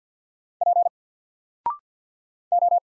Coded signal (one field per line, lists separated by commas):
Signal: Morse code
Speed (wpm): 50 wpm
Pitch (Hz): 700 Hz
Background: none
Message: P O